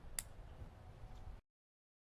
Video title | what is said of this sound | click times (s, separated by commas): El Termómetro Perfecto para Asar: ¡Cocina Carne a la Perfección | and then to lock it you'll give it a little push and you'll hear a little click and that means it's securely locked into place | 0.2 s